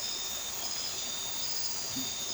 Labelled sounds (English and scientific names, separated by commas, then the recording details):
none
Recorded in dense forest near Puerto Asís, Putumayo, Colombia, on 20 December 2024 at 02:00
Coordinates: 0.467, -76.328
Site GP05